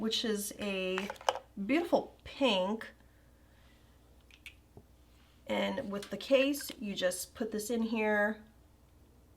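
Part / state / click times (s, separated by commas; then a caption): lipstick refill bullet into refillable lipstick case / not seated / none. Someone talks while a pink lipstick refill bullet is handled and lined up to be pushed into its refillable lipstick case. A few faint, brief handling ticks are heard in the pause around 4.3–4.8 seconds before the talking resumes. Nothing has seated or clicked yet.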